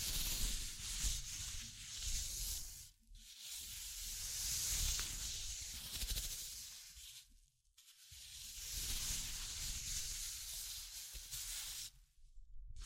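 Scratching and tracing make a dense, bright hissing rasp that runs in long strokes, each lasting several seconds. The sound drops out briefly around the 3-second mark, again near 8 seconds, and once more near 12, before the rough scraping resumes.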